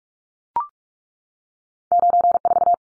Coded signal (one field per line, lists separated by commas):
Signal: Morse code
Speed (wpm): 44 wpm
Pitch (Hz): 700 Hz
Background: none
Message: 94